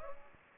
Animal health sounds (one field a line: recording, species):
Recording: mosquito wingbeat signal from an infrared sensor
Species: Aedes aegypti